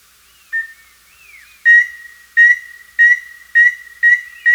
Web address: Natures Songs S America Birds of Ecuador Chestnut-Naped Antpitta